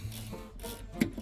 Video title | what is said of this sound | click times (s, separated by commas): How to install an infant car seat using the seat belt-Evenflo Safemax | retractable device locking in. | 1.0 s